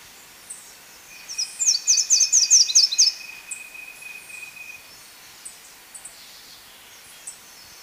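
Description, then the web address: Slate-throated whitestart song: a quick series of several high, thin notes over a faint steady tone, followed by scattered soft chips. Ecuador. "Natures Songs S America Birds of Ecuador 601 Slate-throated Whitestart"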